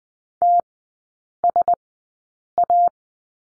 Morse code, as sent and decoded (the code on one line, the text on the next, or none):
- ... .-
TSA